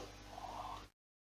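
A GTX 750 Ti graphics card is lined up with the PCIe slot on the motherboard of a Dell Optiplex 9020 MT desktop PC during a GPU upgrade. About 0.9 seconds of steady handling noise is heard, with a low hum and a brighter midrange rustle, before the sound cuts to silence. Nothing has seated or clicked yet.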